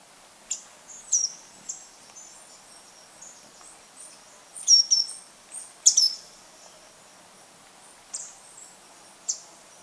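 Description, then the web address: Handsome flycatcher giving very high, thin, sharp chip notes, scattered singly and in short clusters of two or three throughout, over faint background hiss. Ecuador, South America. "Natures Songs S America Birds of Ecuador Handsome Flycatcher"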